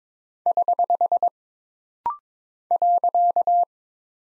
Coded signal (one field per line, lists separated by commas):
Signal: Morse code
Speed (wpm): 22 wpm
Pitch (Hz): 700 Hz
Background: none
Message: <HH> .